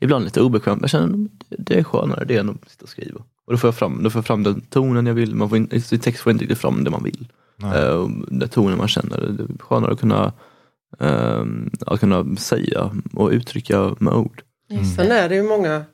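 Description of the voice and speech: A young man who lives with stuttering speaks Swedish with phrase repetitions ("then I get, then get", "to be able, um, to be able"), drawn-out sounds and long pauses of over a second. These mild disfluencies fit stuttering, though much of the speech flows easily.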